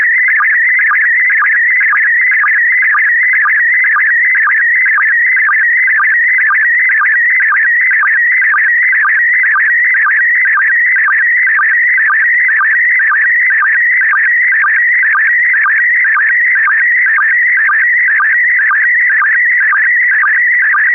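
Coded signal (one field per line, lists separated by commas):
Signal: SSTV (slow-scan television)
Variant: PD120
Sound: steady warbling tone sweeping up and down, with short low blips about twice a second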